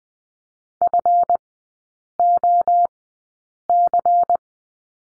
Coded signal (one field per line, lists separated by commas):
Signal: Morse code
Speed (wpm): 20 wpm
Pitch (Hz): 700 Hz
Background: none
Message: FOC